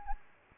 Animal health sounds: mosquito wingbeat signal from an infrared sensor; Anopheles gambiae

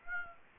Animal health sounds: mosquito wingbeat signal from an infrared sensor; Aedes aegypti

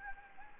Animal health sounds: mosquito wingbeat signal from an infrared sensor; Anopheles gambiae

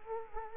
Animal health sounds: mosquito wingbeat signal from an infrared sensor; Culex quinquefasciatus

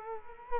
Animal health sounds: mosquito wingbeat signal from an infrared sensor; Culex quinquefasciatus

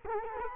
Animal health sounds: mosquito wingbeat signal from an infrared sensor; Culex quinquefasciatus

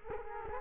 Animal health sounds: mosquito wingbeat signal from an infrared sensor; Culex quinquefasciatus

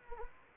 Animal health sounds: mosquito wingbeat signal from an infrared sensor; Anopheles gambiae

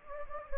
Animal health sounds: mosquito wingbeat signal from an infrared sensor; Anopheles gambiae

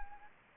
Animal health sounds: mosquito wingbeat signal from an infrared sensor; Anopheles gambiae

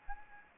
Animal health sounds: mosquito wingbeat signal from an infrared sensor; Anopheles arabiensis

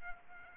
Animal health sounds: mosquito wingbeat signal from an infrared sensor; Aedes aegypti

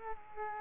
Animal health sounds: mosquito wingbeat signal from an infrared sensor; Culex quinquefasciatus

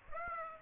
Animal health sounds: mosquito wingbeat signal from an infrared sensor; Aedes aegypti

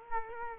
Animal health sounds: mosquito wingbeat signal from an infrared sensor; Culex quinquefasciatus

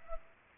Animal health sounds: mosquito wingbeat signal from an infrared sensor; Culex pipiens

